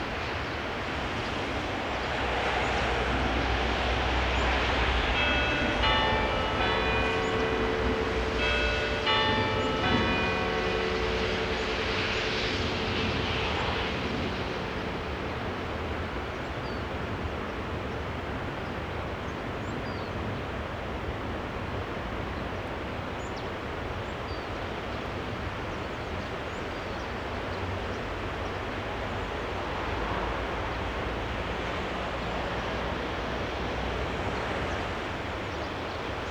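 A soundscape at Lauterbach Church: bell tones ring out between about five and twelve seconds, layered over a steady low rumble. After the bells fade, a constant wash of passing traffic continues, with a slight swell near thirty seconds.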